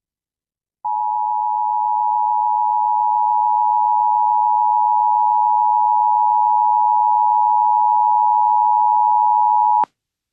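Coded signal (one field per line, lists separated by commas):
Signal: Emergency Alert System (SAME) tones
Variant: 853 and 960 Hz attention tone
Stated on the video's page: Statewide Mississippi Blue Alert received over an IP radio stream.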